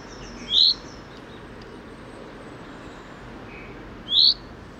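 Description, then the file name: Common chaffinch giving two brief, high call notes several seconds apart against faint continuous background noise. "Fringilla coelebs"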